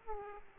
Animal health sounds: mosquito wingbeat signal from an infrared sensor; Aedes aegypti

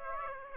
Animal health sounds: mosquito wingbeat signal from an infrared sensor; Aedes aegypti

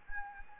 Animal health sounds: mosquito wingbeat signal from an infrared sensor; Anopheles gambiae

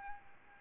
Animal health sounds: mosquito wingbeat signal from an infrared sensor; Aedes albopictus

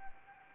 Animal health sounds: mosquito wingbeat signal from an infrared sensor; Anopheles gambiae

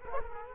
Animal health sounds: mosquito wingbeat signal from an infrared sensor; Culex quinquefasciatus

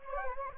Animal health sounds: mosquito wingbeat signal from an infrared sensor; Anopheles gambiae

